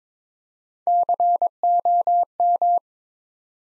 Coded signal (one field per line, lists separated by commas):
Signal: Morse code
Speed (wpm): 22 wpm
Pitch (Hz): 700 Hz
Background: none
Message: COM